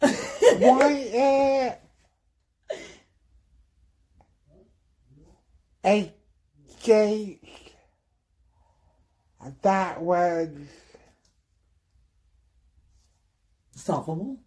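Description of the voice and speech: Adult man, 39 years old, with aphasia: short, halting phrases separated by long pauses, with speech hard to understand at times and effortful to produce.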